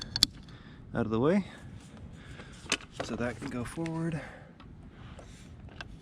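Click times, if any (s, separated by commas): 5.8 s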